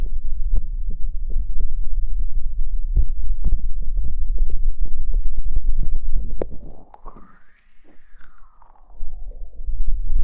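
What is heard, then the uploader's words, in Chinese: Muffled diving sound, as if heard with ears covered underwater: a heavy low rumble packed with dense crackling and crunchy clicks for the first six seconds. After a sharp click, it goes quieter while a thin tone slowly rises, then falls in pitch, before the rumble swells back. 潜水捂耳朵。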